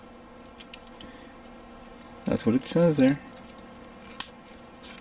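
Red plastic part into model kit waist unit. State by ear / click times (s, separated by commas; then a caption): seated / 4.2 s. A red plastic part is pressed into the waist unit of a 1/100 Master Grade G Gundam model kit, with light plastic ticks early on while someone talks. A sharp, loud snap at 4.2 s marks the part locking into place, and the waist unit is complete.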